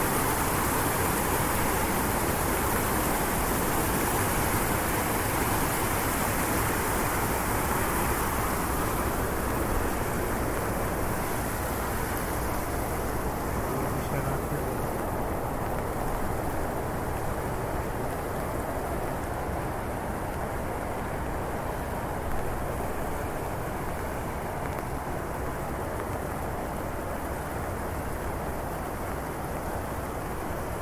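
Rain in the streets of Switzerland makes a dense, steady hiss that fills the whole clip, with a low rumble underneath that suggests passing vehicles. The wash stays nearly constant, its brightest upper edge fading slightly after the midpoint.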